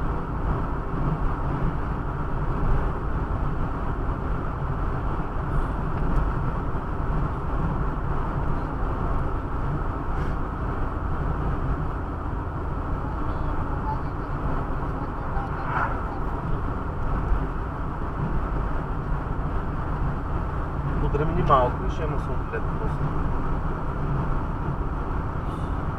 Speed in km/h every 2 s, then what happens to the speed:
80, 79, 79, 80, 79, 77, 77, 79, 79, 79, 76, 76, 77.
0-26 steady at about 79.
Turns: none.